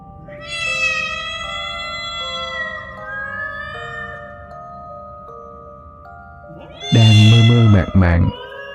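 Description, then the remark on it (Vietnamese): Several cats, at least three or four, meow and yowl at once, their long wavering cries overlapping and sliding in pitch, before a sudden loud, harsh screech bursts out near the end. “Nghe kỹ lại thì không phải chỉ một con mèo, mà thứ âm thanh hỗn tạp đó phải có ít nhất 3-4 con.”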